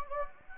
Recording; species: mosquito wingbeat signal from an infrared sensor; Anopheles gambiae